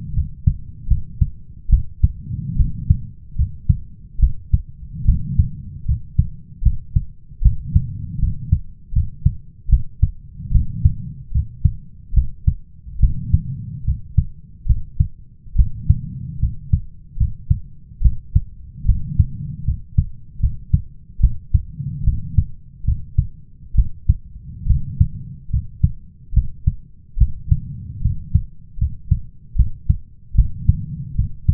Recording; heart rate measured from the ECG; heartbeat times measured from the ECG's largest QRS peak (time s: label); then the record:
heart sounds by stethoscope; 74 bpm
0.14 s: heartbeat
0.88 s: heartbeat
1.70 s: heartbeat
2.57 s: heartbeat
3.36 s: heartbeat
4.20 s: heartbeat
5.05 s: heartbeat
5.86 s: heartbeat
6.63 s: heartbeat
7.42 s: heartbeat
8.19 s: heartbeat
8.93 s: heartbeat
9.69 s: heartbeat
10.52 s: heartbeat
11.32 s: heartbeat
12.14 s: heartbeat
13.00 s: heartbeat
13.85 s: heartbeat
14.66 s: heartbeat
15.56 s: heartbeat
16.40 s: heartbeat
17.17 s: heartbeat
18.02 s: heartbeat
18.86 s: heartbeat
19.65 s: heartbeat
20.40 s: heartbeat
21.20 s: heartbeat
22.04 s: heartbeat
22.85 s: heartbeat
23.75 s: heartbeat
24.67 s: heartbeat
25.50 s: heartbeat
26.33 s: heartbeat
27.18 s: heartbeat
28.02 s: heartbeat
28.78 s: heartbeat
29.56 s: heartbeat
30.35 s: heartbeat
31.15 s: heartbeat
From the record:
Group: healthy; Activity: rest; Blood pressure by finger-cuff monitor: 111/81 mmHg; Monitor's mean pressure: 88 mmHg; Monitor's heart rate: 74 bpm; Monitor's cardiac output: 5.4 L/min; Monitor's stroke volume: 72 mL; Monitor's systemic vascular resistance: 1210 dyn s/cm5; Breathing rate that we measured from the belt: 21 breaths a minute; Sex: male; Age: 21 years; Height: 170 cm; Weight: 71 kg